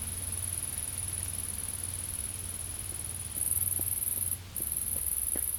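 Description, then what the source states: Insects produce a high sizzling drone that jumps louder after three seconds, pauses briefly, then resumes; faint clicks and low rumble underneath. Recorded in a field.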